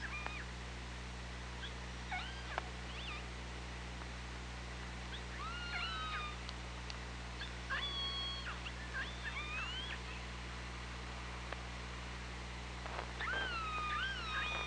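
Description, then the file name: Killer whale calls, repeated wavering squeals and upswept tonal cries with strong harmonics throughout, among faint clicks and a constant low hydrophone hum. Recorded by OrcaLab hydrophone, 24 August 2017, 15:55:35. "Orca Lab UTLN JASON 20170824 155535 ORCALABDYNI"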